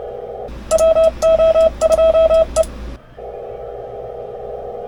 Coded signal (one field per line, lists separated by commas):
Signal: Morse code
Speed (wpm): 27 wpm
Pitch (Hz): 1300 Hz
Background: none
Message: WO2E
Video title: HAM RADIO, Aug 2, 2026, North Macedonia CW, special event,